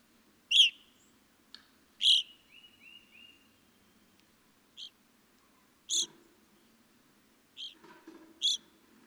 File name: Evening Grosbeak